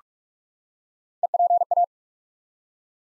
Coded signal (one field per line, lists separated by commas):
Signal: Morse code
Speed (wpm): 42 wpm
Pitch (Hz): 700 Hz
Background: none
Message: EPA